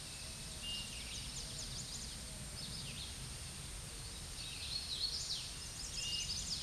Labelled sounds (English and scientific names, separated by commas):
Hooded Warbler (Setophaga citrina) song